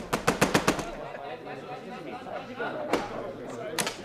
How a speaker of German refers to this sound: Wütend pochte ich an die Tür.